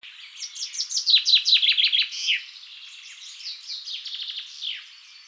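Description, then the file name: Common chaffinch song: a loud rattling cascade of falling notes finishing in a flourish, followed by a quieter second song of descending trills. "Fringilla coelebs"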